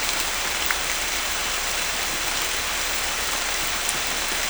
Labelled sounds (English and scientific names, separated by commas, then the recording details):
none
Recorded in dense forest near Puerto Asís, Putumayo, Colombia, on 26 December 2024 at 11:30
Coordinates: 0.485, -76.318
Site GP03